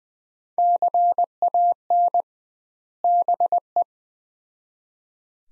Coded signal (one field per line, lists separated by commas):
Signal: Morse code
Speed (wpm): 20 wpm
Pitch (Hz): 700 Hz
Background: none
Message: CAN BE